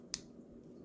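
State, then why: Seated. While a watch case holder from a repair kit is being opened wider, its adjustable part is pushed until it snaps into position on the holder. A single sharp, bright click is heard at 0.1 s over a quiet low background hum, and the part is seated in place.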